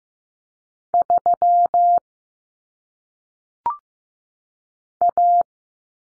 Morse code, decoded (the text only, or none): 3 A